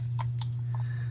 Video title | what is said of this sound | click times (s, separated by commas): Zebco 33 Gold (year 2000 version) Vintage Spincast Fishing Reel Service Video | turn it clockwise till it clicks into place | 0.2 s, 0.4 s, 0.8 s